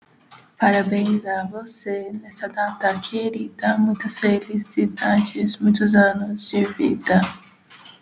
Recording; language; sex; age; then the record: short text; Brazilian Portuguese; female; 20 to 29 years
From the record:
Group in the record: control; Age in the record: 27 years